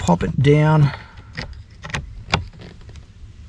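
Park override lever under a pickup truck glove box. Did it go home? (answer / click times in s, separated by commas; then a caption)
released / 2.3 s. On a 2018 Dodge Ram 1500, the park override lever under the glove box is popped down with the tip of a key and released. Someone talks briefly, then there are a few light taps and a sharp click at 2.3 s as the lever releases.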